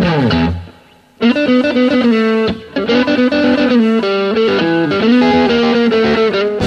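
A rock song, an old song adapted by the performing band, kicks off with loud, distorted electric guitar chords, pausing briefly after a short opening, then crashing back in with sustained, buzzing power chords and a steady driving rhythm.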